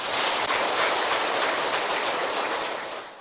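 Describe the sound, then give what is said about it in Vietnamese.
A loud, sustained round of applause from a crowd at a Buddhist event, called for by the host: dense, steady clapping with no talking over it, easing off slightly toward the end. “Và một lần nữa xin quý vị hãy cho một tràng pháo tay thật là lớn ạ.”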